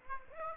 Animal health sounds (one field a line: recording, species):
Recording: mosquito wingbeat signal from an infrared sensor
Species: Aedes aegypti